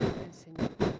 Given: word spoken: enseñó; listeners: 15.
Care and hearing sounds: one Spanish word in noise, from a listening test; noise modulated by one talker; -12.6 dB; 3 of 15; 8 of 15; 0.60 s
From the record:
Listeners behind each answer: 8, 3, 1, 1, 1, 1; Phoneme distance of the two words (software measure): 17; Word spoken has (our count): 3 syllables, 6 phonemes, stress on syllable 3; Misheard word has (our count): 3 syllables, 7 phonemes, stress on syllable 3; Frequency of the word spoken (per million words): 10.91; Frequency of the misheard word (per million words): 13.79

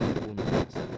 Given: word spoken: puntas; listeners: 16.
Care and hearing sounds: one Spanish word in noise, from a listening test; noise modulated by one talker; -12.1 dB; 5 of 16; 6 of 16; 0.58 s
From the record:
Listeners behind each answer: 6, 5, 2, 1, 1, 1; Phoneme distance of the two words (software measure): 10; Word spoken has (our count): 2 syllables, 6 phonemes, stress on syllable 1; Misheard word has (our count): 2 syllables, 6 phonemes, stress on syllable 1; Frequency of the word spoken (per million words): 10.66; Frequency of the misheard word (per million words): 23.91

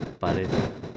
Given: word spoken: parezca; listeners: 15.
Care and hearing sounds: one Spanish word in noise, from a listening test; noise modulated by three-talker babble; -3.2 dB; 0 of 15; 12 of 15; 0.57 s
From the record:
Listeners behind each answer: 12, 1, 1, 1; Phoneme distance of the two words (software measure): 24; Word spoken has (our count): 3 syllables, 7 phonemes, stress on syllable 2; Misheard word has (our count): 2 syllables, 5 phonemes, stress on syllable 2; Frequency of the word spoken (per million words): 14.47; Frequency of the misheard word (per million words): 44.55

